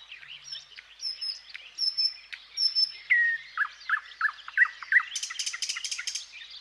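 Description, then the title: Thrush nightingale song with high drawn-out whistles, a string of chirping, descending notes, then a rapid rattling burst, all in a varied, lively phrase. "Viikon luontoääni: Satakieli"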